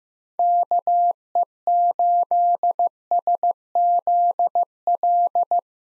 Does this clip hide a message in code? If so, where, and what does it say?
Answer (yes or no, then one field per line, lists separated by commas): yes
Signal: Morse code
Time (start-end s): 0.4-5.6 s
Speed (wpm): 15 wpm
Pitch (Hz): 700 Hz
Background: none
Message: KE8SZL